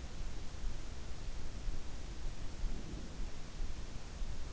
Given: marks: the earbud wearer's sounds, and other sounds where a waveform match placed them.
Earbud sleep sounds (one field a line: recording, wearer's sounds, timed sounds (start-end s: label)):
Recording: sounds in sleep by an in-ear microphone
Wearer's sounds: breath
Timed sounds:
2.11-3.22 s: breath